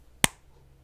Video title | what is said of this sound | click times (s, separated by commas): Schneider iD (B) | makes a satisfying click when I unclip it | 0.2 s